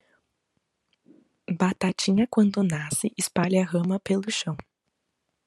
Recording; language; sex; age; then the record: short text; Brazilian Portuguese; female; 20 to 29 years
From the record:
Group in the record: control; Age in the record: 20 years